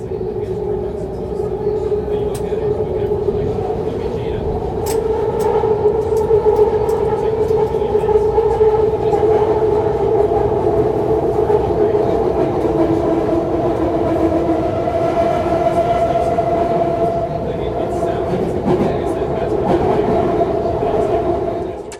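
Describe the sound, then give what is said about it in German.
A train races closely past, a loud, steady rumbling roar with droning, slightly wavering tones and faint rattling clacks, holding strong for the whole stretch before easing slightly at the end. “Als ich plötzlich einen Zug hörte, der dicht an mir vorbeiraste und dann von einer gewaltigen Explosion zerfetzt wurde und entgleiste.”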